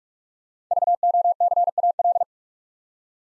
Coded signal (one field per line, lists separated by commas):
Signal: Morse code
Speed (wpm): 44 wpm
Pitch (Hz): 700 Hz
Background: none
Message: VOCAL